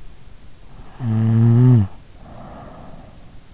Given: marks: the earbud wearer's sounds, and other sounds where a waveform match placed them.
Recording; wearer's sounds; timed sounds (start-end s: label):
sounds in sleep by an in-ear microphone; snoring breath
0.38-3.35 s: snoring breath